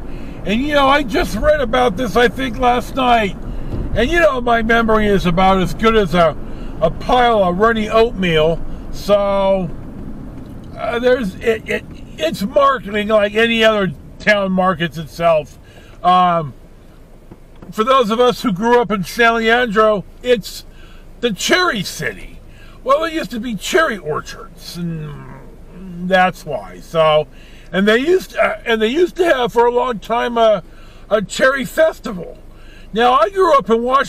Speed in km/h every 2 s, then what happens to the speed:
47, 48, 50, 50, 44, 34, 23, 11, 0, 0, 0, 0, 0, 0, 0, 0, 0.
0-6 steady at about 48. 6-16 brakes to 0. 16-34 standing.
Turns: none.